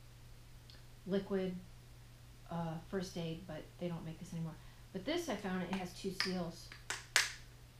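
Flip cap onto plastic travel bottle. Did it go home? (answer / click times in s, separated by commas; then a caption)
yes / 6.9 s, 7.2 s. Someone talks, then closes the double-seal snap flip cap on a discontinued Sea Breeze plastic travel bottle, and the lid clicks shut twice, at 6.9 s and 7.2 s. The cap is fully seated, giving a better seal for carrying liquids under aircraft cabin pressure.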